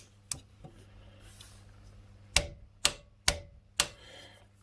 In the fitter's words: wait for the click